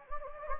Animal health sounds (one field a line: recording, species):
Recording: mosquito wingbeat signal from an infrared sensor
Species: Anopheles gambiae